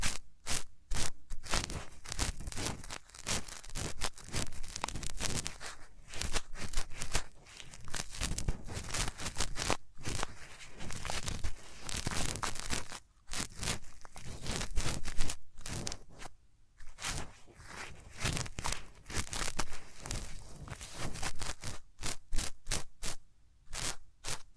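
Hands rub over the ears in a dense run of scratchy, crunchy friction sounds, each stroke rising and falling quickly. The rubbing is mostly continuous with brief pauses around 10, 13 and 16 seconds, and faster, choppier strokes near the end.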